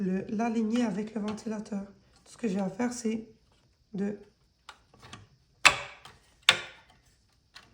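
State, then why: Seated. A protective fan guard cover is lined up with a case fan and pushed into place while someone talks. Two sharp snaps are heard at 5.7 s and 6.5 s as the clips seat, and the cover is locked onto the fan.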